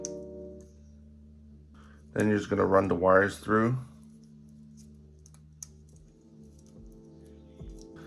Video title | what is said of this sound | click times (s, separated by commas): Updated: GPStar Supreme Kit Wand Install Video | Then take this connector piece and these snap together like so. | 0.0 s